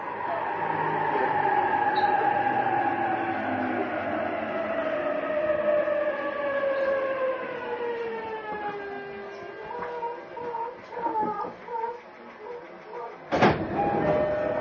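A JR East E233 series train runs between Yokohama and Odawara, its motor whine gliding steadily downward in pitch as it slows over the first nine seconds. Afterward the tone fades into uneven rumble with scattered clunks and rattles, and a sharp bang near thirteen seconds.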